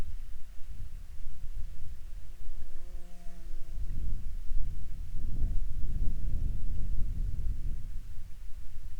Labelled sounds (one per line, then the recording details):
water
insects
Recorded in Ivvavik National Park, Yukon, on 7 June 2019 at 16:47
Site SINP06